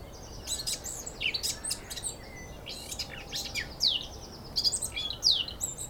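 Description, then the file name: Eurasian blackcap song, a rapid scratchy warble of high chirps and short whistled notes, with steep downward sweeps near the end, over a faint low background hiss. "Sylvia atricapilla"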